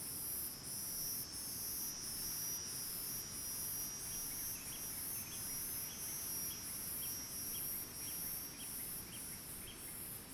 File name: Cigarra diferente bem estridente outras cigarras no fundo na mata seca, passaros bem longe